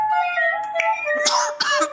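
Whistled, flute-like tones give way to two short, harsh, noisy bursts about a third of a second apart. The bursts are a parrot's imitation of a person's cough, not a real cough: the parrot mimics the cough of its owner, who smokes a lot of weed.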